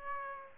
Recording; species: mosquito wingbeat signal from an infrared sensor; Aedes aegypti